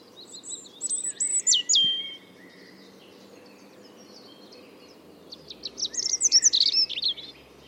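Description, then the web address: European robin song: a short phrase of thin, high whistled notes and trills, then a pause and a second sparkling phrase, over steady low background hiss. "Deverinetal 2025 File origin Bird Only Er Ru"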